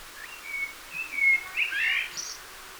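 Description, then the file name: Common blackbird giving gentle whistled notes, then a burst of scratchy, squeaky twittering to finish. "Turdus merula"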